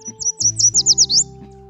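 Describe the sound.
Yellow Warbler song, a fast series of several high, sweet slurred notes, over a low steady musical background.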